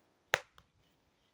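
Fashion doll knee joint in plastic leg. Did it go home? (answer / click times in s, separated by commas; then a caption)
yes / 0.3 s, 0.6 s. Two sharp clicks at 0.3 s and 0.6 s, the first loud and the second much fainter, as the click-knee joints in a plastic fashion doll's legs are bent so the doll can sit. Both knee joints click into the bent position and seat.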